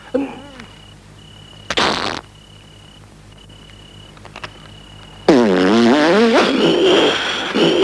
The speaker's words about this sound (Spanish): Es necesario tirarse unos pedos. ¡Hazlo de una vez, maldita sea! Es que no tengo ganas ni moral para hacerlo. Ay. Hay que tirarse unos pedos.